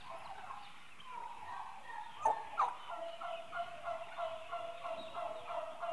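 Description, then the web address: Turkeys giving a steady run of short gobbling notes, roughly three per second, with two sharp knocks partway through. Turkeys, eight months old, livestock. "The BBC Sound Effects Library. Turkeys 8 Months Old"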